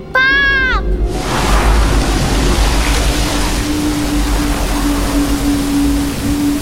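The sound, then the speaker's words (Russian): A gust of wind carrying leaves rushes in at a former amusement park after a brief warbling tone, becoming a loud, steady whoosh over a low rumble with a faint hum that holds to the end. “В спину Тихиро ударяет несущие листья порыв ветра.”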